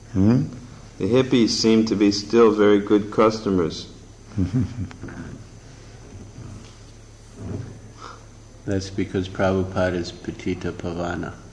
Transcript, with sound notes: Hmm?
The hippies seem to be still very good customers. [Prabhupāda laughs]
That's because Prabhupāda is patita-pāvana.